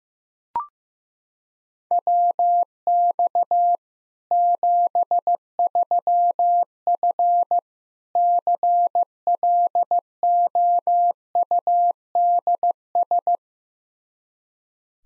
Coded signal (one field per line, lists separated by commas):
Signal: Morse code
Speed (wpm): 16 wpm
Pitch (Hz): 700 Hz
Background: none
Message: WX 73F CLOUDS